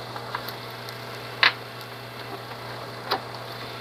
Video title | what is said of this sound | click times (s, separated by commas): [KSA annie's class]mingyu's Microwave reactor explanation | you put like this, there is a click sound, and you can put this sample tube | 1.4 s